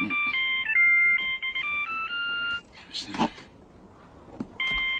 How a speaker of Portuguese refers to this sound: Telefone, querida.